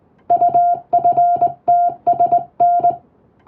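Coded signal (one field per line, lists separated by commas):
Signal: Morse code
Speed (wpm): 20 wpm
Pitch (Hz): 700 Hz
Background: music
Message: UFTSN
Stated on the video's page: English-text Morse practice sent with a telegraph key by a first-class radiotelegraph operator, using a telegram practice book; playback speed adjustable for practice.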